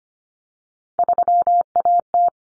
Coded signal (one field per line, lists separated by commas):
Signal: Morse code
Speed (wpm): 25 wpm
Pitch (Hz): 700 Hz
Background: none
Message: 3AT